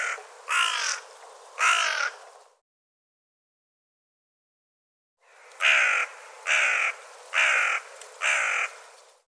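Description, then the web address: Bird cawing harshly, three rough calls, a silent gap, then four more evenly spaced caws. "cianscape birddata Deverinetal 2025 File cleaned normalized Bird"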